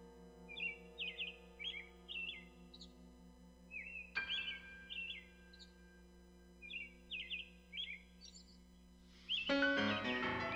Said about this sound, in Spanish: Los mirlos llegan hacia el fin de la tarde.